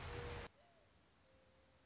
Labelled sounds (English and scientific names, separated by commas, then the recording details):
Mourning Dove (Zenaida macroura)
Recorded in Sonoma County, California